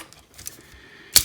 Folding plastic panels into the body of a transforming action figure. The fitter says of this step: so if the button is really the only way to activate it we just fold these back until they click into place and then fold his arms down and there he is